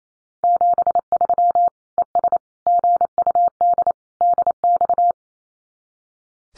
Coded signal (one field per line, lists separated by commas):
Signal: Morse code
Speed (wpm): 28 wpm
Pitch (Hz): 700 Hz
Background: none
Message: 73 ES GUD DX